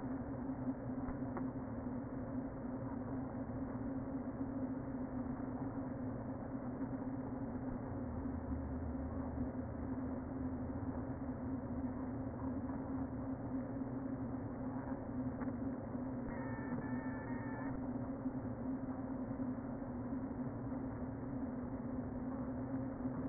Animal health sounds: honeybee colony, microphone inside the hive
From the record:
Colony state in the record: queen present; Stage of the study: before two queens were removed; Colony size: about 60,000 bees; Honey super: yes

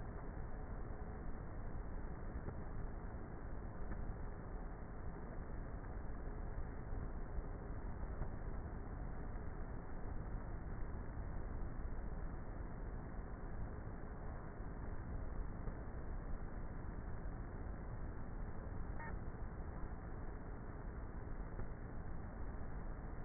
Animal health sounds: honeybee colony, microphone inside the hive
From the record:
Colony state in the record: queenless with a low population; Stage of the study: before two queens were removed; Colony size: about 30,000 bees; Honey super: no

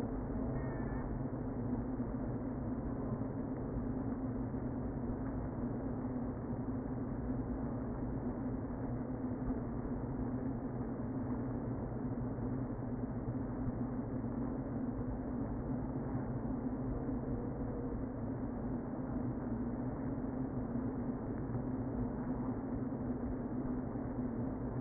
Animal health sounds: honeybee colony, microphone inside the hive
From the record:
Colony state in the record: queen present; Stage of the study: before two queens were removed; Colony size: about 60,000 bees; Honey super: yes

